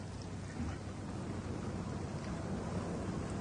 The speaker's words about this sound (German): Ja, der Regen wird stärker.